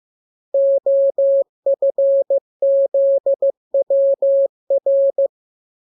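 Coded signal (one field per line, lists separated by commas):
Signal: Morse code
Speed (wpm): 15 wpm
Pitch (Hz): 550 Hz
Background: none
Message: OFZWR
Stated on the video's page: Morse lesson 27 with letters, numbers, punctuation and Q-code; radiogram opens with VVV and section sign "=", ends with AR.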